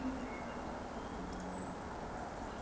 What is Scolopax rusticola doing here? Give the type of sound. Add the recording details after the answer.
whistle. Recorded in Baden-Württemberg, Germany, on 25 June 2020 at 20:04 UTC. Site 14569, 102 m above sea level